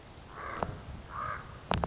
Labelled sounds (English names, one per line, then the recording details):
Common Raven
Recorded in Sonoma County, California